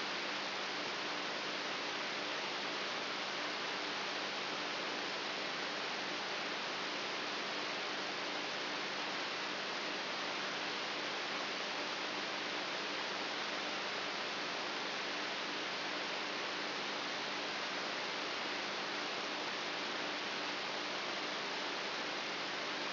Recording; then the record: brain microelectrode recording played as sound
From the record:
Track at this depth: inside the subthalamic nucleus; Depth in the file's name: 2.84 mm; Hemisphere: right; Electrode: 3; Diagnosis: Parkinson's disease